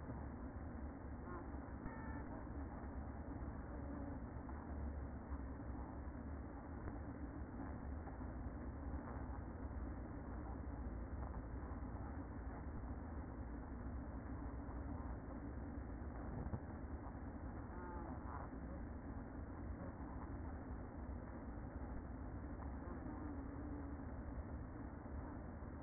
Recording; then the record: honeybee colony, microphone inside the hive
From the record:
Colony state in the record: queen present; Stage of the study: after two queens were removed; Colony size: about 60,000 bees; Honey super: yes